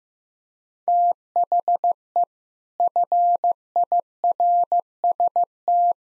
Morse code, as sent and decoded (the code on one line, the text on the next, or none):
- .... . / ..-. .. .-. ... -
THE FIRST